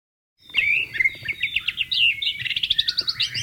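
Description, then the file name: White-rumped shama song, rich whistled phrases running into a rapid, rhythmic series of short sharp notes. "suara burung murai batu di alam liar"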